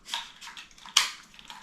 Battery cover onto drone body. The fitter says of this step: Close the cover, make sure that clicks in place.